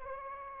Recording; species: mosquito wingbeat signal from an infrared sensor; Anopheles arabiensis